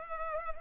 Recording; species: mosquito wingbeat signal from an infrared sensor; Culex pipiens